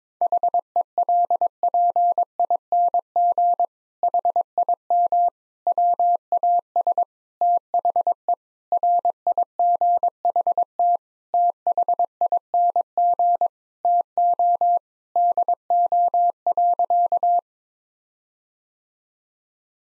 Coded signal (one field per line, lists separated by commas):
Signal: Morse code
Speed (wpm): 22 wpm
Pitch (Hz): 700 Hz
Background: none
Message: HELPING HIM WAS THE RIGHT THING TO DO.